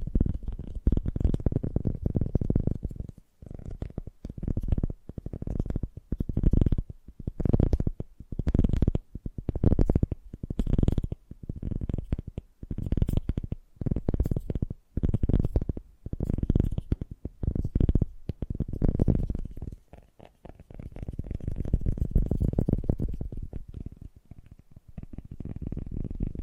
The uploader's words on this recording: ASMR Fast & Gentle Tapping for Sleep 1 Hour (No Talking).